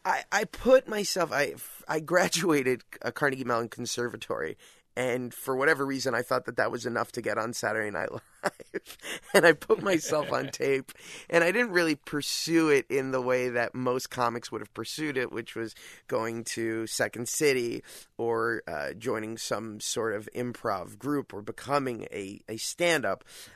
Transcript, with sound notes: I put myself - I graduated Carnegie Mellon Conservatory, and for whatever reason, I thought that that was enough to get on "Saturday Night Live."
(LAUGHTER)
And I put myself on tape. And I didn't really pursue it in the way that most comics would have pursued it, which was going to Second City or joining some sort of improv group or becoming a stand-up.